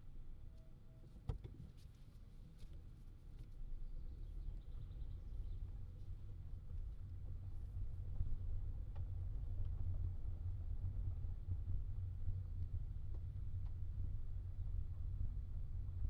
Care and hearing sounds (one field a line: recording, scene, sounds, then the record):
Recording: everyday scene through a hearing-aid microphone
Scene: in a vehicle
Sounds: engine, rumble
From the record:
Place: Skoda Fabia, gasoline engine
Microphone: in the ear canal, left